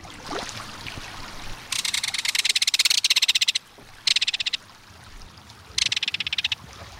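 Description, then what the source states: Belted Kingfisher giving a dry, metallic rattle in three bursts of rapid clicks, the longest nearly two seconds. Reverberating metallic call heard along a stream or waterway.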